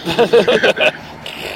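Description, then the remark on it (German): A person imitates with the voice the bubbling heard with one's face held in water, making a quick run of about five gurgling, burbling pulses that fade into a faint breathy hiss. “Ich meine, ich kann die Geräusche auch machen und du hast auch das Gefühl, als wenn du dein Gesicht im Wasser hast.”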